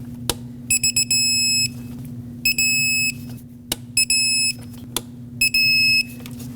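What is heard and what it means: A click-type torque wrench tightens the throttle body bolts on a 2006–2015 Lexus IS250 to 7 ft-lbs in a cross pattern, giving sharp clicks at 0.3, 3.7, 5.0 and 5.4 seconds. Repeated bursts of high electronic beeping and a steady low hum run underneath. The bolts are confirmed tight.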